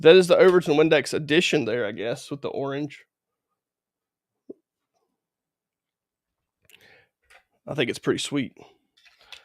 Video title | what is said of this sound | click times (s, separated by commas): You will probably get cut. | I love his kidex guys it's next level his kidex has got good retention I mean you hear that snap | 9.3 s